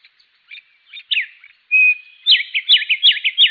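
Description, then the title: Bird singing in bright, high phrases: scattered chirps, a steady whistled note, then rapid repeated swooping notes in a lively run. "LuckyPassaro Completos2Sama"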